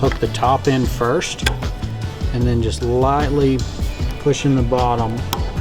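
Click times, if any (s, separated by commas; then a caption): none. A plastic center cap is handled onto a go-kart steering wheel hub, hooked in at the top first and then pressed lightly at the bottom, since these caps break easily. Someone talks throughout over background music. The cap has not snapped into place yet when the clip ends.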